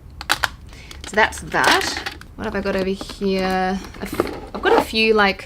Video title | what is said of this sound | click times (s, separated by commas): My Makeup Collection 2019 - Part 2 | just use the eyeshadow and then you slide it back and you hear that click and then it just looks so | 0.2 s